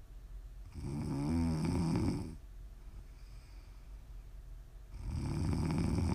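Two loud, low rattling snores about three seconds apart, with a quiet exhale between them; ordinary sleep snoring in an adult woman.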